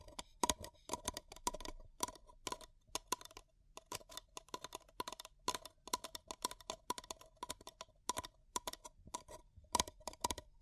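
Fingers tap and scratch at a paper cup in quick, uneven bursts of crisp clicks, several per second with only brief pauses. Each tap carries a faint hollow ring beneath its bright, papery snap, and a low soft rumble lingers between taps.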